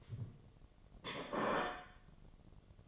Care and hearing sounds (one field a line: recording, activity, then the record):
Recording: daily activity, microphone in the room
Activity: place plate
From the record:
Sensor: 4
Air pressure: 1005.1 hPa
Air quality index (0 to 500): 184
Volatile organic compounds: 5 ppm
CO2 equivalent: 1804 ppm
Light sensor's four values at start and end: 5/11/4/4 and 5/11/4/4